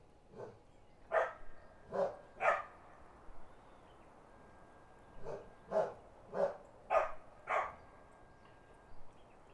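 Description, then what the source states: Dog barks in two bursts of several barks each, separated by a short pause, over low background noise. Country dogs barking.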